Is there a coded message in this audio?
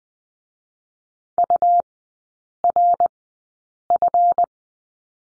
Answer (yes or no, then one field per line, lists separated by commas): yes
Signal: Morse code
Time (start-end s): 1.4-4.4 s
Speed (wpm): 20 wpm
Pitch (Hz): 700 Hz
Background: none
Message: URF